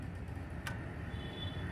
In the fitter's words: இது இப்படி தட்டினீங்கன்னா அந்த பின் இதில் வந்து லாக் ஆகிடும்.